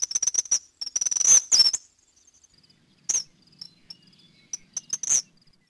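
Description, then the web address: Eastern kingbird calls: high, sputtering buzzy notes in rapid stuttering bursts, with short pauses between runs of twittering chatter. North America. "Peterson North American Birds iso sound eaki"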